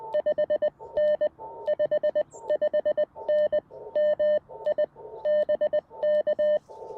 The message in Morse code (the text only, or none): 5N 55N MI BK